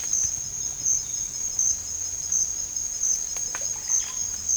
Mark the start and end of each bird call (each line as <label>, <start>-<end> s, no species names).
bird call, 3.59-4.21 s